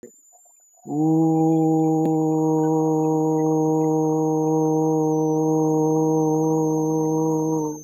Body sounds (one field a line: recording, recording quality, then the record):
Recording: sustained vowel as in boot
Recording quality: excellent, no background noise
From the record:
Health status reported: healthy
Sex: male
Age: 35 years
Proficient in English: yes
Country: India